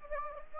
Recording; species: mosquito wingbeat signal from an infrared sensor; Anopheles gambiae